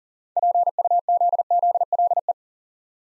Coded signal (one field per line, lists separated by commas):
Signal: Morse code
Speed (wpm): 39 wpm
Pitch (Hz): 700 Hz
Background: none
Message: PUZZLE